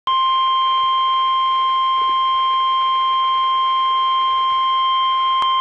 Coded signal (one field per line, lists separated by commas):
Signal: Emergency Alert System (SAME) tones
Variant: 1050 Hz attention tone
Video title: 1050Hz Required Monthly Test + Recording Error | EAS #458